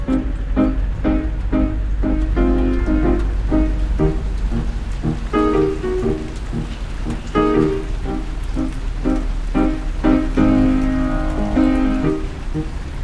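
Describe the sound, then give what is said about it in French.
A rainstorm that has broken out above a town square patters down steadily for the whole stretch, a dense, even hiss of drops over a low, constant rumble of thunder, with some sustained tonal sounds woven through it. “Une tempête a éclaté, bien au-dessus de la place. Tonnerre et crépitement.”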